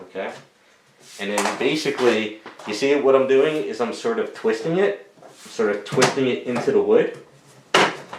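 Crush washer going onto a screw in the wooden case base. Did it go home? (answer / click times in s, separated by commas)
yes / 7.8 s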